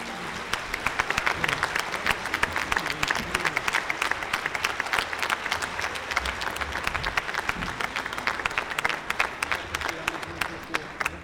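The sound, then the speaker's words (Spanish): An audience in an auditorium applauds the rondalla at a jota gala, Santa Ana 2010 in Cuarte de Huerva: a dense wash of many hands clapping at once with a lively, sustained rhythm and a faint murmur of voices underneath. “Y también, cómo no, quiero pedir otro fuerte aplauso, porque sin ellos nosotros no somos nada, para la rondalla.”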